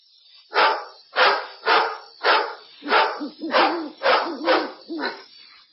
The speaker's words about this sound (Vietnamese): Đêm Hy Mã Lạp Sơn vang lên tiếng chó sủa, ánh sáng lập lòe bên kia sườn đồi.